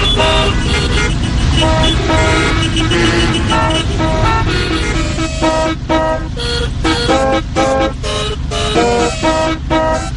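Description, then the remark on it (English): Car horns honk repeatedly in busy traffic, a dense clash of overlapping toots at different pitches, some long and some short, over a steady low rumble of engines. “Change your traffic soundtrack?”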